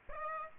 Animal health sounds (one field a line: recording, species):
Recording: mosquito wingbeat signal from an infrared sensor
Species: Aedes aegypti